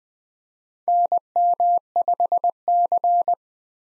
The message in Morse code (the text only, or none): NM5C